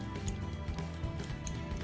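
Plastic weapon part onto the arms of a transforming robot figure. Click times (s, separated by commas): 0.3 s, 1.5 s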